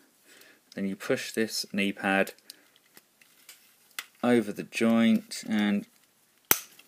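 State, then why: Seated. Someone talks while pushing a plastic knee pad over the leg joint of a Transformazing Toys PB02 Mekbuda Pandora's Box 02 Optimus Prime robot toy. A sharp, loud click at 6.5 s marks the knee pad snapping into place and seating firmly on the joint.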